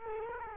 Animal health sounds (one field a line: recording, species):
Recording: mosquito wingbeat signal from an infrared sensor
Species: Culex quinquefasciatus